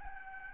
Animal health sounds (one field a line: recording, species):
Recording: mosquito wingbeat signal from an infrared sensor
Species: Aedes albopictus